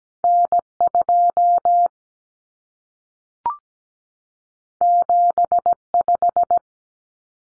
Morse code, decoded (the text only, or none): N2 75